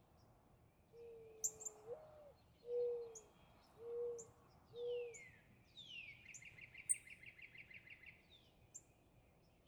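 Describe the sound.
Northern cardinal song: one sliding whistle that drops in pitch, then a quick even trill of repeated notes, after several low soft notes, with scattered high chirps.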